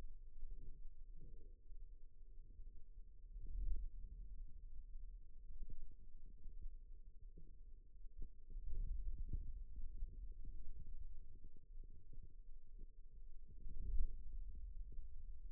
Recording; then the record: forearm muscle sounds (acoustic myography)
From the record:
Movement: radial deviation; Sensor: system 2, bracelet of six BSWA MPA416 microphones around the upper forearm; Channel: 4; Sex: male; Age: 22 years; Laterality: right